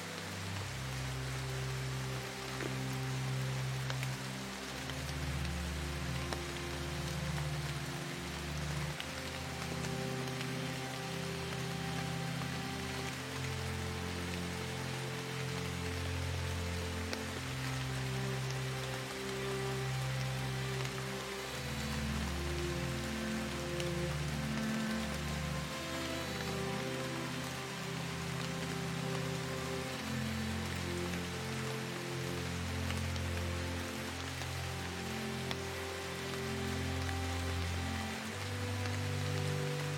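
Raindrops patter steadily on foliage, a dense, even hiss of drops filling the whole forty seconds. Beneath it, slow music plays low, deep sustained notes shifting every second or two in a simple repeating pattern, never rising above the rain.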